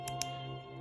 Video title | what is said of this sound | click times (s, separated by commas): Tacbe BE499 Radio (Tactical Beacon) as once used by British Special Forces such as the SAS. | and a very small spring and uh which uh which you can hear which clicks | 0.1 s, 0.2 s